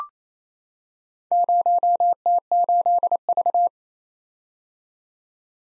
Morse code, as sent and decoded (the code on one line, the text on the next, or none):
----- - ---.. ...-
0T8V